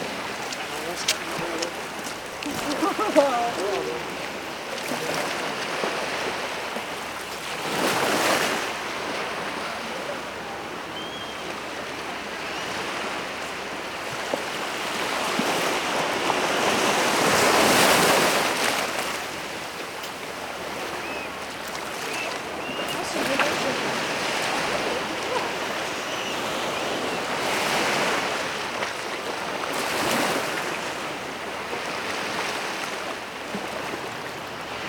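Waves wash onto a beach at falling tide, steady surf hiss swelling every few seconds, strongest near eighteen seconds, with faint voices.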